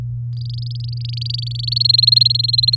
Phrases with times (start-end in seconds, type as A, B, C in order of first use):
0.37-1.87 A, 1.89-2.75 B